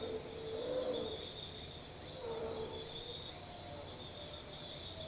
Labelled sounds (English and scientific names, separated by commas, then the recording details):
none
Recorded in forest near Pivijay, Magdalena, Colombia, on 15 April 2023 at 02:30
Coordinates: 10.467, -74.380
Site Z5-G034